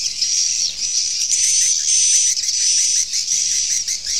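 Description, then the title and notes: Swiftlet calls, a dense high buzzy chatter held almost without pause, with a thin steady whistle-like tone running through it. Swiftlet sound used in swiftlet farming in Asia. "Swiflet Bird Sound. Farming Swiflet Bird asia sound"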